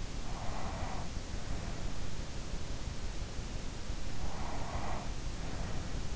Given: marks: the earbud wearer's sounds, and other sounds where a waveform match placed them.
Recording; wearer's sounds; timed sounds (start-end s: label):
sounds in sleep by an in-ear microphone; breath
0.06-1.88 s: breath
4.25-6.15 s: breath